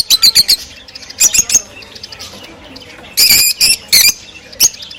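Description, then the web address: Rosy-faced lovebird chirps in short groups, with a fast cluster of four notes, then several louder harsh squeaks and a final single chirp. Several rosy-faced lovebirds; the singing and chirping is described as beautiful and cheerful. "krasivoe i veseloe penie i chirikane rozovoshhekih nerazluchnikov. parrots agapornis-roseicollis"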